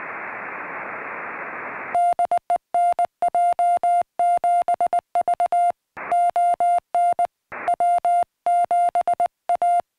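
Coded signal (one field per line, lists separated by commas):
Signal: Morse code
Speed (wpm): 19 wpm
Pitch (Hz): 700 Hz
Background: music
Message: DE NJ7V ON W7A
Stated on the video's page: CW contacts during a Summits on the Air activation on a summit, worked with ham radio.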